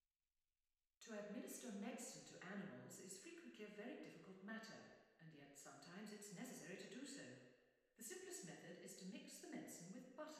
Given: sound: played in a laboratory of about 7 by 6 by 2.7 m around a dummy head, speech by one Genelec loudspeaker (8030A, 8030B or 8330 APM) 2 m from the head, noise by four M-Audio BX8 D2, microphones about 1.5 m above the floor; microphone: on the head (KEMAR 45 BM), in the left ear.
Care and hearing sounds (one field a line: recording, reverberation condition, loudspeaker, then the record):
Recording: female speech in English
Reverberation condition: high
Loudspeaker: 150 degrees to the left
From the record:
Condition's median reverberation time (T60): about 1300 ms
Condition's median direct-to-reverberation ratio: about -4.0 dB